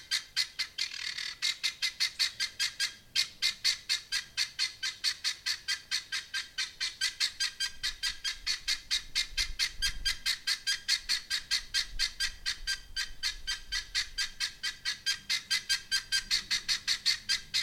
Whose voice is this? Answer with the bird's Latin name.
Numida meleagris